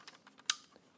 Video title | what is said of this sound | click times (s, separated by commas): How to Get Started with Zen Full Fibre | into the until you hear it click now make sure it goes into lamp one | 0.5 s